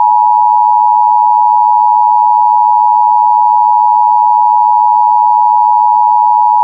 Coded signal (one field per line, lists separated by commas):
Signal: Emergency Alert System (SAME) tones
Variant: 853 and 960 Hz attention tone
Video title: EAS - AMBER Alert Continuation Issued for all of Texas